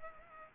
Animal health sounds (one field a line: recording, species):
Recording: mosquito wingbeat signal from an infrared sensor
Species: Culex pipiens